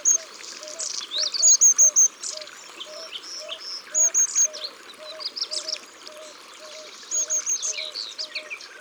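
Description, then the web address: Common nightingale song with high thin notes repeated in short quick runs and rich chirps between, over a regular low pulsing note. "Rossignol-philomele abc-de-la-nature"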